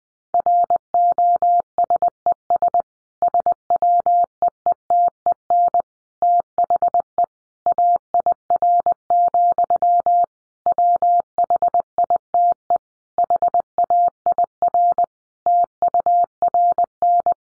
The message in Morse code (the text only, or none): ROSES SWEETEN THE AIR, WHITE HAIR TURN